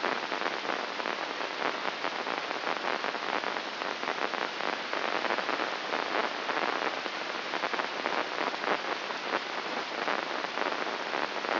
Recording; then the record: brain microelectrode recording played as sound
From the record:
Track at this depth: inside the subthalamic nucleus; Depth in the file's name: 5.001 mm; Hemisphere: right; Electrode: 2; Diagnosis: Parkinson's disease